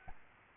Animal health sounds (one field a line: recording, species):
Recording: mosquito wingbeat signal from an infrared sensor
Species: Aedes albopictus